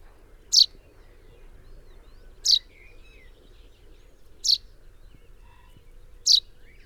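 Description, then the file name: Common chaffinch giving short, sharp high calls repeated about every two seconds, four in all, with faint other bird notes in the background. "Fringilla coelebs 180724"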